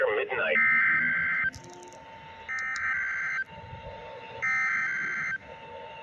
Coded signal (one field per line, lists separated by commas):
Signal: Emergency Alert System (SAME) tones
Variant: header bursts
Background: speech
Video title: EAS- VEF Weekly Test capture on WXL36 and WNG634